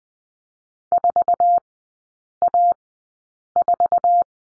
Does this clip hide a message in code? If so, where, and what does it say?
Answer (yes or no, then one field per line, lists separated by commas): yes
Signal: Morse code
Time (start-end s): 0.9-4.2 s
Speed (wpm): 20 wpm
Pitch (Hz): 700 Hz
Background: none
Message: 4A4